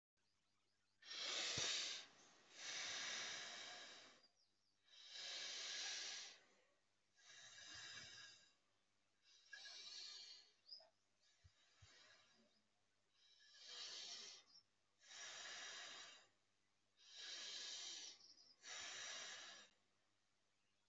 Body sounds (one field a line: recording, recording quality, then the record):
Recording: deep breathing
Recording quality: excellent, no background noise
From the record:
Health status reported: healthy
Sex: male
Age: 24 years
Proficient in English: yes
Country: India